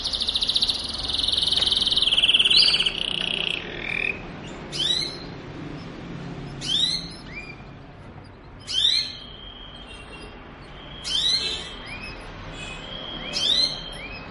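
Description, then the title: Belgian canary singing a loud, rapid rolling trill for about three seconds, followed by sharp rising chirps repeated roughly every two seconds. Belgian canary song used to warm up or stimulate other canaries to sing; also described as mating canary sound. "Canto Para Esquentar Canário Belga. suara kenari kawin"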